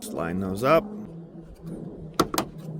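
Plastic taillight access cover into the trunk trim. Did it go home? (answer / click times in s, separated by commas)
yes / 2.2 s, 2.4 s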